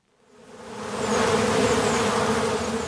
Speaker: in Omaha, Nebraska, beekeeper Mark Welsh is taking advantage of the nice weather and checking on his honeybee hives in a downtown garden.